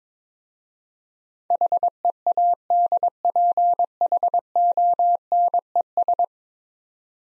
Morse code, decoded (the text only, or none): HEADPHONES